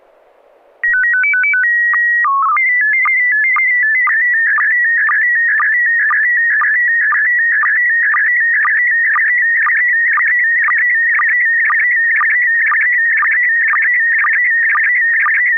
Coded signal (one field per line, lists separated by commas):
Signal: SSTV (slow-scan television)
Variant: PD 120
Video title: N6NA SSTV Net - 04/02/2025